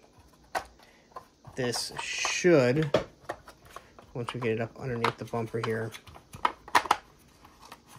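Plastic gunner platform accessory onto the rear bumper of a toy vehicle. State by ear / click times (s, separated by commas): seated / 6.4 s, 6.9 s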